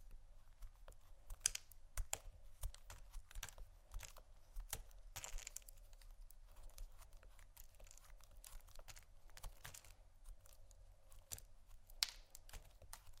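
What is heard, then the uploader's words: Soap and candle carving: a steady stream of short, dry scrapes and taps at an uneven, fairly quick pace, like a blade working the surface. A few sharper clicks stand out near 2 and 12 seconds, over a low constant hum. ASMR Soap & Candle Carving （No Talking）.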